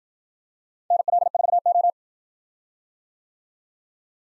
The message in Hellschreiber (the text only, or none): none